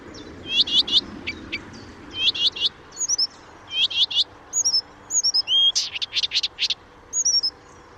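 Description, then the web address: Blyth's reed warbler song of rapid trilled bursts in groups of three or four, broken by looping whistled notes and short pauses. "didier collin rousserolle des buissons"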